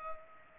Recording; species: mosquito wingbeat signal from an infrared sensor; Culex pipiens